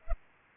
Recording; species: mosquito wingbeat signal from an infrared sensor; Culex pipiens